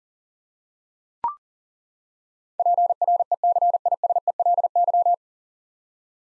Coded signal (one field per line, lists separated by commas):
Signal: Morse code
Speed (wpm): 40 wpm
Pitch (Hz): 700 Hz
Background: none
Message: PRECISELY